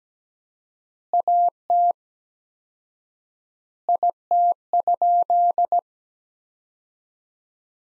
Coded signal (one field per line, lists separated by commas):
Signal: Morse code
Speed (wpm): 17 wpm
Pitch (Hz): 700 Hz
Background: none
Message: AT IT?